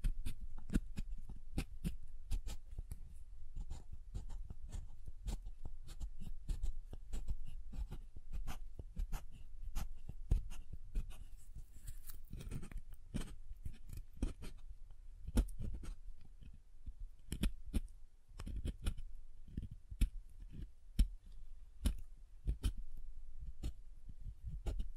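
Soap tapping and carving: frequent sharp crisp clicks and scrapes over a steady low rumble, irregular but dense throughout, brightest after fifteen seconds.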